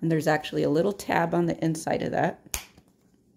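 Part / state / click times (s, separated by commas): key fob battery cover released by key blade pressing internal tab / released / 2.5 s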